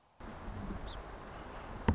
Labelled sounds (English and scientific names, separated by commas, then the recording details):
Song Sparrow (Melospiza melodia)
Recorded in Sonoma County, California